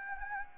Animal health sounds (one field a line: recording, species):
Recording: mosquito wingbeat signal from an infrared sensor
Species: Anopheles gambiae